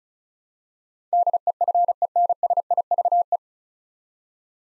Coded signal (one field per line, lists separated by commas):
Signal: Morse code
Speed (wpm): 36 wpm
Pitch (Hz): 700 Hz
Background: none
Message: DEFENSIVE